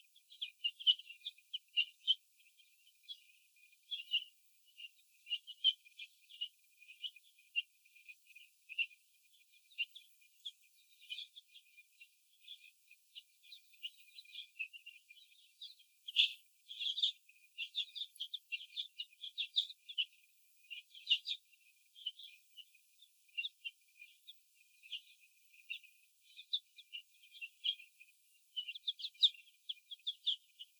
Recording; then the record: young laying hens in a cage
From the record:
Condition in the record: after the stressor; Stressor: sudden umbrella opening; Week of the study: 2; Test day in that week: 1